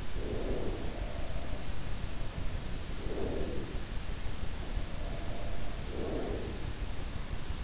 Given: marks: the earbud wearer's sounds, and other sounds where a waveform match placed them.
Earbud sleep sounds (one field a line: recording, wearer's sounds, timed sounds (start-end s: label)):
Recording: sounds in sleep by an in-ear microphone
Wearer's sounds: breath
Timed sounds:
0.00-1.21 s: breath
0.29-1.81 s: sound from someone else or the room
2.93-4.03 s: breath
4.47-7.02 s: sound from someone else or the room
5.96-7.02 s: breath